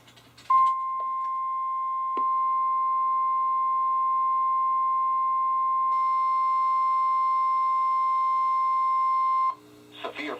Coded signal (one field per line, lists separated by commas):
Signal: Emergency Alert System (SAME) tones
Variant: 1050 Hz attention tone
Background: speech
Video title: EAS #68-#75: A Few More | KHB36